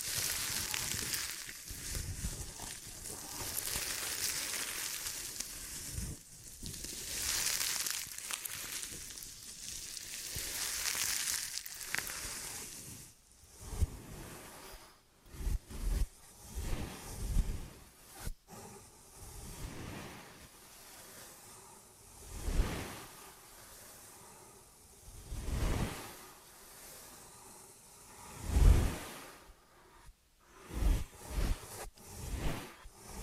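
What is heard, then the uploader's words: Rustling ear and scalp massage sounds. The first fifteen seconds carry a bright, dense hiss of rubbing and brushing, then it turns into separate soft swishes and muffled thumps every second or two, with short quiet gaps between them. ASMR Ear & Scalp Massage and Cleaning Before Sleep (No Talking).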